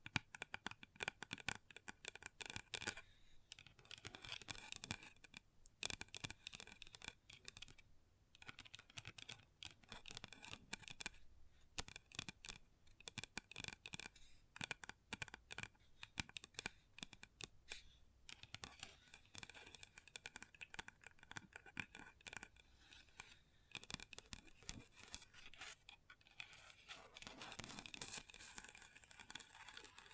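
Long nails tap and scratch across a table in a dense, uneven stream of crisp, bright clicks and rasping strokes. Bursts of quick tapping alternate with scraping runs, broken by brief pauses near 3, 8, 11 and 26 seconds.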